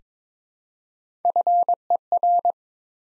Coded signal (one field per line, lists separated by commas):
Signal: Morse code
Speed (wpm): 22 wpm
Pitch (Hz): 700 Hz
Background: none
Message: FER